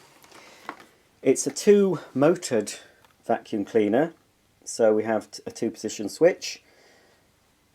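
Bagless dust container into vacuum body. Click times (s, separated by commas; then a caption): 0.7 s. A plastic bagless dust container is put back onto the body of a Shark Navigator upright vacuum cleaner (UK model) and clicks into place with a sharp click at 0.7 s, alongside fainter ticks near 0.2 s and 0.8 s. Someone then talks for the rest of the clip. The container is seated.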